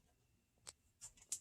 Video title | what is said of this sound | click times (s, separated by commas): Airsoft RPG launcher - Matrix - Munitions testing | click into place and | 1.3 s